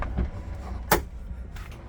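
A cabin door on a Sea Ray 250 SDX boat is pushed shut into its latch. A sharp, loud hit at 0.9 s marks the door closing and the latch catching, with fainter knocks before and after. The door is latched shut.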